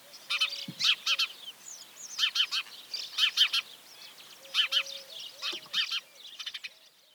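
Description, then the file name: House sparrow chirping: loud, harsh chirps in quick pairs and triplets, repeated in bursts throughout. "Passer domesticus"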